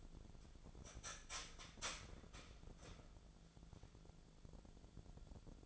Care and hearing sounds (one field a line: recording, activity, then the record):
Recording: daily activity, microphone in the room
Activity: start toaster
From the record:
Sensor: 5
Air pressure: 1000.3 hPa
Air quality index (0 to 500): 128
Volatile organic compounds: 2 ppm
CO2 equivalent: 1018 ppm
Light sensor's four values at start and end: 82/193/82/89 and 82/192/82/89